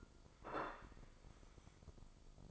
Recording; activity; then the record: daily activity, microphone in the room; place plate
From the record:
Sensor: 5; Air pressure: 995.4 hPa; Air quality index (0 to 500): 88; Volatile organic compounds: 4 ppm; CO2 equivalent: 1643 ppm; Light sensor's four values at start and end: 24/58/22/21 and 24/58/22/21